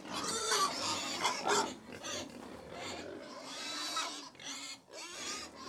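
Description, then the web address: Pigs squealing and grunting together, a dense crowd of harsh high squeals and chatter, continuous with brief dips. About 100 pigs feeding; livestock. "BBC Sound Effects Library BBC Livestock 1 Approx 100 Pigs Feeding - Middle"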